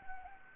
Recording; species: mosquito wingbeat signal from an infrared sensor; Anopheles gambiae